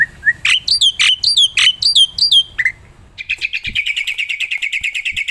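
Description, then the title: Black-winged myna song: loud harsh chattering notes in quick succession, then a rapid, fast buzzy trill of even repeated notes to the end. Energetic, chatty song with fast fill phrases, used as a lure and tutor recording for birds that are lazy to sing. "Burung Jalak Putih Gacor Full Isian Cepat Untuk PANCINGAN Dan MASTERAN. Pancingan Untuk Burung Malas bunyi"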